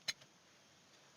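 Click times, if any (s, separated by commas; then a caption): none. A steel jack-handle extension with a spring locking tab is handled at the hole in the lug wrench of a Ford Ranger's spare-tire tools. A sharp metallic tick near 0.1 s and a fainter one near 0.2 s are followed by quiet. The part has not gone home yet, and nothing has seated or clicked.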